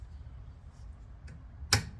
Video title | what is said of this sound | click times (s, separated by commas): DO YOU NEED THIS?? UPR CATCH CAN, MUST HAVE FOR YOUR C8 CORVETTE!! | plug it until it clicks. | 1.7 s